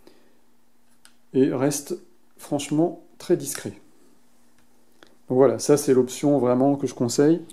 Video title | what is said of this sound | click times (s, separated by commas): 🇫🇷 DASHCAM VIOFO A129 DUO 🇫🇷 TEST ULTRA COMPLET 🇫🇷 MEILLEUR RAPPORT QUALITE PRIX 🇫🇷 | Il se clipse super facilement et | 1.1 s